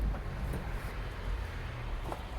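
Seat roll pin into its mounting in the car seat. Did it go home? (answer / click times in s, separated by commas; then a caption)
yes / 2.1 s. A car seat is being refitted with the seat brought upright so its roll pin can go into its mounting, over a steady low rumble. A single sharp click at 2.1 s marks the roll pin seating into place.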